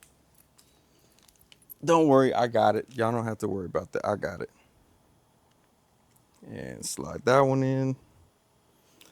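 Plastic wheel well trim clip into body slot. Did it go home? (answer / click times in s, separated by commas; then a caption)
partly / 9.0 s. A plastic wheel well trim clip on a 2018 Chevy Trax is slid into its body slot while someone talks. Only a faint tick is heard at 9.0 s, and the clip goes in without a clear click but is in place.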